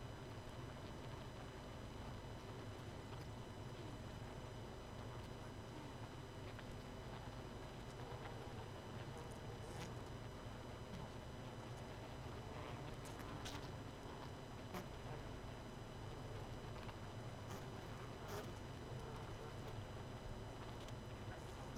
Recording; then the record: honeybee colony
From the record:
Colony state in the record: missing queen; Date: 31 May 2018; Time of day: 23:36